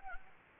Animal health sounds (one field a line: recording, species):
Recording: mosquito wingbeat signal from an infrared sensor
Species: Anopheles gambiae